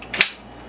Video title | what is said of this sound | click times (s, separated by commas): *AIRSOFT HOBBY* - TM2H - Prep for using at a Game - Part 2 | lock in place as well | 0.2 s